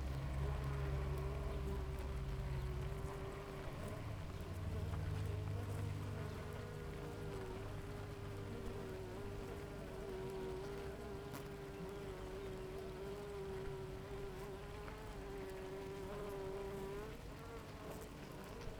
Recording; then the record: honeybee colony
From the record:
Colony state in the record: active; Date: 28 July 2017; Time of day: 6:47